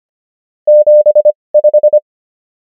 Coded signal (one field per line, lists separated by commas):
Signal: Morse code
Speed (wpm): 25 wpm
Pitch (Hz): 600 Hz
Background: none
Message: 75